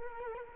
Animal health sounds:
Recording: mosquito wingbeat signal from an infrared sensor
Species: Culex quinquefasciatus

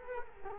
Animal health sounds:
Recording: mosquito wingbeat signal from an infrared sensor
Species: Culex quinquefasciatus

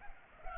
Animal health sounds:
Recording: mosquito wingbeat signal from an infrared sensor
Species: Culex pipiens

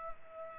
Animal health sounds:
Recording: mosquito wingbeat signal from an infrared sensor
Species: Culex pipiens

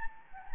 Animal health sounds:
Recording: mosquito wingbeat signal from an infrared sensor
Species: Anopheles gambiae

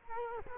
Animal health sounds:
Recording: mosquito wingbeat signal from an infrared sensor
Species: Culex quinquefasciatus

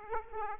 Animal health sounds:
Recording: mosquito wingbeat signal from an infrared sensor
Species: Aedes aegypti

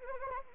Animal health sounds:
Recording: mosquito wingbeat signal from an infrared sensor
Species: Anopheles arabiensis

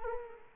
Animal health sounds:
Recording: mosquito wingbeat signal from an infrared sensor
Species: Culex quinquefasciatus

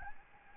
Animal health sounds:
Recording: mosquito wingbeat signal from an infrared sensor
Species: Aedes albopictus

